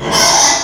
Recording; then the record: squeal of a Yucatan mini pig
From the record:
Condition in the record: before surgery on the right vocal fold (resection and tissue-engineered implant); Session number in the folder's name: 2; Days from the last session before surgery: 0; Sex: male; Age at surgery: 12 weeks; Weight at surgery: 13 kg